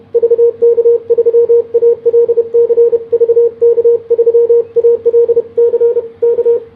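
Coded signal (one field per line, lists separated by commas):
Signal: Morse code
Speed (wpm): 30 wpm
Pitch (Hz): 470 Hz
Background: radio noise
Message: VK3ALC VK3ALC K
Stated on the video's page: Sent on a Begali Sculpture key at 33 WPM.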